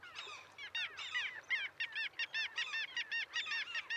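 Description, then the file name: Mew gull calls: a rapid run of high, arched, nasal mewing notes repeated with barely a pause. "Mew Gull - Larus canus"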